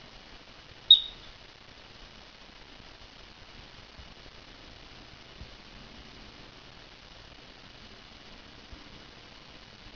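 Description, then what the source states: Marmot uttering one brief, piercing high whistle near the start, then faint steady hiss. Adult marmot.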